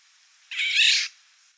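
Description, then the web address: Eurasian golden oriole giving a single harsh, rasping, cat-like squawk that lasts about half a second, with nothing else heard. "golden oriole voice"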